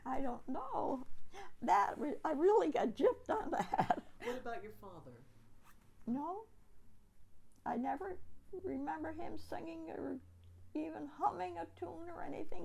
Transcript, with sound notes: I don't know. That we -- I really got gypped on that. [Laughs]
What about your father?
No. I never remember him singing or even humming a tune or anything.